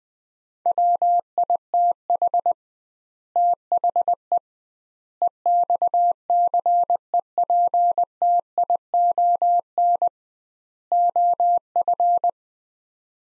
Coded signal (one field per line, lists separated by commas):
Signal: Morse code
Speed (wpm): 20 wpm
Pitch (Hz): 700 Hz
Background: none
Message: WITH THE EXCEPTION OF